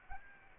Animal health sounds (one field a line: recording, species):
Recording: mosquito wingbeat signal from an infrared sensor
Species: Aedes albopictus